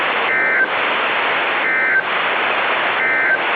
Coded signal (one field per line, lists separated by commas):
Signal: Emergency Alert System (SAME) tones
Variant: end-of-message bursts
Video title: [EAS RECREATIONAL MOCK] im exhausted